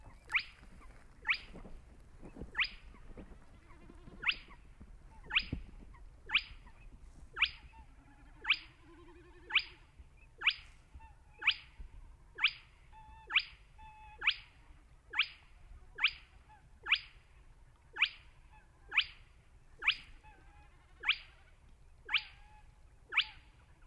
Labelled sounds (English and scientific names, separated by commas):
Spotted Crake (Porzana porzana)